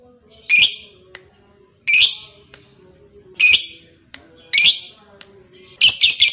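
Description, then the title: Lovebird calls, harsh chattering bursts high in pitch, repeated about every one to one and a half seconds, with faint background hum between them. Fighter lovebird, singing energetically (gacor). "Berkat SUARA Lovebird FIGHTER GACOR Ini"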